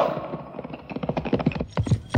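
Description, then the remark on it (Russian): Hooves of several horses, carrying a retinue of about 15 staff officers, clip-clop in an uneven, overlapping rhythm, a steady run of sharp knocks growing a little louder toward the end. “Сзади него, нестройной блестящей группой, двигалась свита около 15 штабных офицеров на прекрасных выхоленных лошадях.”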